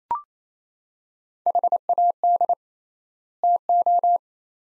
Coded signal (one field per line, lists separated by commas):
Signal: Morse code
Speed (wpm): 27 wpm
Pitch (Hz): 700 Hz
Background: none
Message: HAD TO